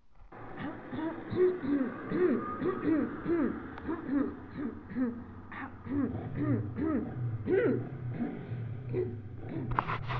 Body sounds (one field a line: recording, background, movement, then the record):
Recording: throat clearing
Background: traffic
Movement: sitting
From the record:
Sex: female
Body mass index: 21.8 kg/m2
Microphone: on the chest, facing the body